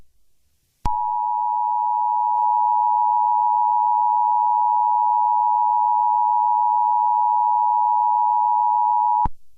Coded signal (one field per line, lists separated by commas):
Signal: Emergency Alert System (SAME) tones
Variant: 853 and 960 Hz attention tone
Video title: ALERT! ALERT! - Angel Rise: The Podcast Series Episode 36